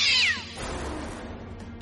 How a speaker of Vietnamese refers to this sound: Vừa mở cửa thì từ bên trong xe khẽ vang lên một tiếng mèo kêu. Khanh cùng với đồng nghiệp không khỏi ngạc nhiên khi thấy một con mèo đen ở trong xe